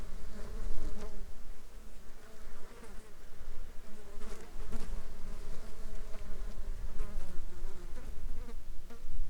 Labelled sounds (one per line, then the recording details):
insects
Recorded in the Arctic National Wildlife Refuge, Alaska, on 9 July 2021 at 10:41
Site 35